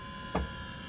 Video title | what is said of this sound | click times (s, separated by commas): Cessna 172 Skyhawk Preflight walkaround tutorial | In the detent, you hear the click. | 0.4 s